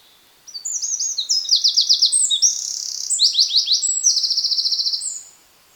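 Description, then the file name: Eurasian wren delivering a vigorous high song of quick tinkling notes and trills, including a mid-song buzzy trill and a final rattling run, about five seconds long. "Troglodytes troglodytes"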